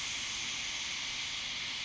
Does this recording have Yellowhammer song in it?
no